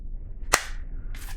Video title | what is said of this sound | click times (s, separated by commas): Barrel & Blade Knife of the Month - March 2023 Cold Steel Warcraft Fixed Blade - Unboxing & Review | you can hear it's a nice positive click in right | 0.5 s